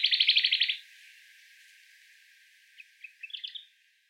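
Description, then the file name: Sakhalin leaf warbler opening with a fast, even high trill lasting under a second, then a pause and a softer jumble of chirpy notes. Recorded 14 May 2014 on Tobishima. "karafutomuji 140514 tobishima mima"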